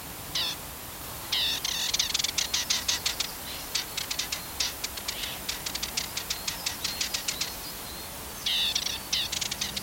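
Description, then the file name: Dartford warbler singing a long, fast, dry chatter of scratchy notes, opening and closing with brief harsher bursts. "Magnanina"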